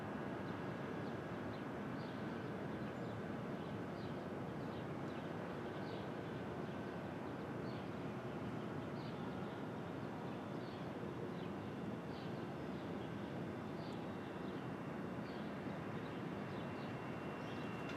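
Brooklyn at dawn: a steady, dense low roar like traffic or a passing train runs unchanged for the whole stretch. Above it, small bright bird chirps repeat every second or so, and a faint thin whine hangs in the background.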